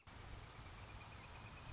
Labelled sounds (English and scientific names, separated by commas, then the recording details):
Northern Flicker (Colaptes auratus)
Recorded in Sonoma County, California